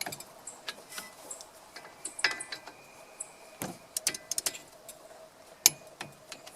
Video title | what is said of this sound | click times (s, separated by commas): STEP by STEP: Chevy HHR & Cobalt front brakes & rotors | At this point, I just tighten the two bolts like I would any others until I hear the click. | 5.7 s